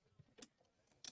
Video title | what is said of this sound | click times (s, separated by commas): 35 Little Guy Max Mods, Accessories, Hacks & Tips to Revamp Your Small Camper! (part 1) | Oh, I heard him click. yeah, they just click. | 0.4 s, 1.1 s